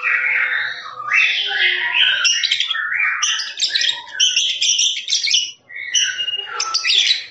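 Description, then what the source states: Lovebird chattering song, a dense stream of shrill squeaky notes and buzzy trills jumping between pitches with hardly a pause. Long trilling 'ngekek' song used for training birds.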